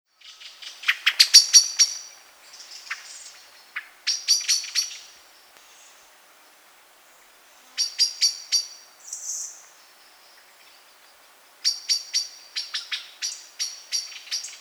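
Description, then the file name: Common blackbird giving sharp, metallic chink calls in rapid bursts of several notes, with pauses between bursts. "Turdus merula"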